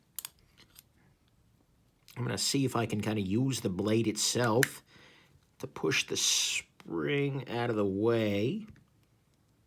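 A Benchmade Proper slipjoint pocketknife is being reassembled, with its blade being worked into the handle and used to push the backspring out of the way. A few small clicks and taps sound at the start, then someone talks. Nothing has seated or clicked yet.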